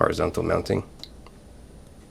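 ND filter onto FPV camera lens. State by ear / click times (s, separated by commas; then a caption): seated / 1.0 s. Someone talks, then a plastic BetaFPV ND filter is pushed onto the DJI O3 camera lens (Pavo Pico) in horizontal orientation, its tabs hooking into the indentations on the lens protrusions. It snaps in with a short, sharp click at 1.0 s, followed by a fainter tick at 1.3 s. The filter is seated with a secure fit.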